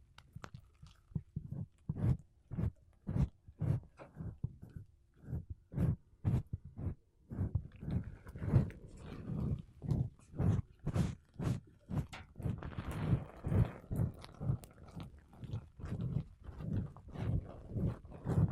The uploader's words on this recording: ASMR Mic Brushing Using Makeup Brushes and Sponge (No Talking).